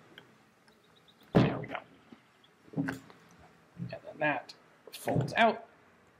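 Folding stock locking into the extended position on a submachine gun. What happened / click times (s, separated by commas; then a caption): Handled, not yet home: folding stock locks open / none. The folding stock on a submachine gun is handled and swung out toward its extended position, with a solid thunk near 1.4 s and a few light ticks around 1.6–1.8 s while someone talks. Nothing has seated or locked yet.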